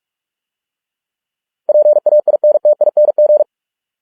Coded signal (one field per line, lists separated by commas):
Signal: Morse code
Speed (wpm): 46 wpm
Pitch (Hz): 600 Hz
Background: none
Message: PAINTING